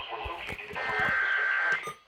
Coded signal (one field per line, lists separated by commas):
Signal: Emergency Alert System (SAME) tones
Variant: header bursts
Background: speech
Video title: MARGINAL MEYHEM... EAS Alerts from 7/8/21 (EAS #370-384)